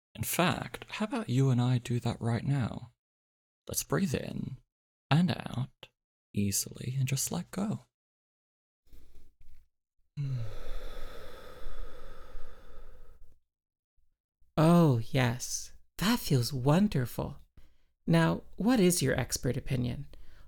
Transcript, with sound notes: In fact, how about you and I do that right now. Let’s breathe in, and out, easily, and just let go.
[They both take an audible breath] Oh, yes, that feels wonderful—Now, what is your expert opinion?